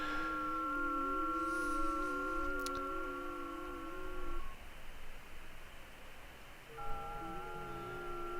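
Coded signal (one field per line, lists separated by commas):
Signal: FT8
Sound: several steady, slightly warbling tones at once, pausing briefly, then more tones start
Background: radio static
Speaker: this is displayed on the screen is ft8 later on today I'll be engaging in a contest called ft Roundup uh which uses ft8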